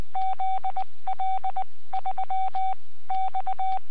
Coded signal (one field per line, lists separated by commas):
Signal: Morse code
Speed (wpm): 20 wpm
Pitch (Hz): 760 Hz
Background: none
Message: ZL3X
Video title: Webcam video from 14 January 2015 08:14 (UTC) G4SOF, 40M CW QSO